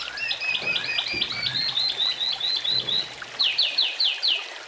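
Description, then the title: Oriental magpie-robin song: a quick run of paired high notes, then five loud downslurred whistles near the end. "Kicau Kacer"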